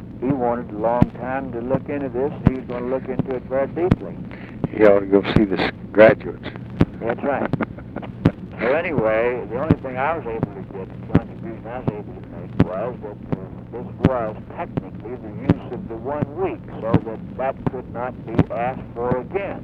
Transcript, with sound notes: He wanted a long time to look into this, and he was going to look into it very deeply.
He ought to go see this Graduates [Chuckles.]
That’s right. Well, anyway, the only thing I was able to get, the contribution I was able to make, was that this was technically the use of the one week, so that could not be asked for again.